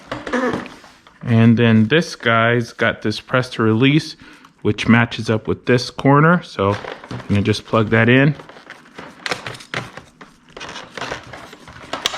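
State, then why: Seated. Someone talks while plugging a plastic Shark vacuum part with a press-to-release latch into its matching corner socket on the upright vacuum body, with handling knocks around 9.3 to 9.8 s. A sharp click at 12.1 s confirms the part has seated.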